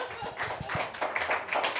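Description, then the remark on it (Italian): An audience at a comedy night applauds in a dense, continuous wash of overlapping claps, steady and fairly loud throughout, with no voices on top. “Dai, grazie, fatevi un applauso, era per voi, grazie, dai.”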